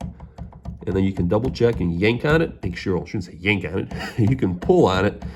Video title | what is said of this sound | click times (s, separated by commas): C6 Corvette front hood strut replacement. | put it over the ball joint and it's going to lock in place you're going to hear a click | 0.0 s